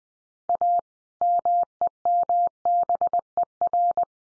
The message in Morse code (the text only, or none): A MEMBER